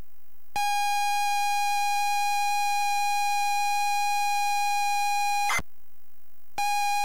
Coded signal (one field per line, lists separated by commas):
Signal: ZX Spectrum tape loading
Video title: ZX SPectrum 128k Auf Wiedersehen Monty